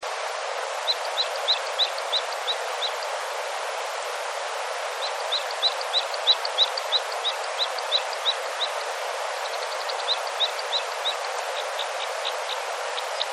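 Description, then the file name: Red crossbill giving short, sharp high chip notes in quick runs, several per second, pausing briefly between bursts, over a steady broad hiss. "isuka"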